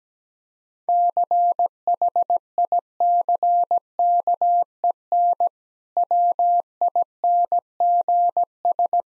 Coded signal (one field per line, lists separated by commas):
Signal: Morse code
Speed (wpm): 17 wpm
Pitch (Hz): 700 Hz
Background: none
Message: CHICKEN WINGS